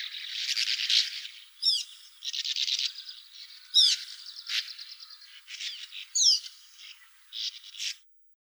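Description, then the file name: Sand martin giving dry, buzzy chattering bursts of about a second each, broken by sharp, quick chirped notes, in a busy, steady twitter. "Riparia riparia"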